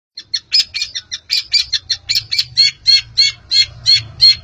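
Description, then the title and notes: Long-tailed shrike song: a run of harsh, chattering notes repeated about three times a second, each note rich and scratchy, over a faint steady low hum. Various songbird sounds used to train captive birds. "cendet. Bermacam macam suara kicauan burung Masteran"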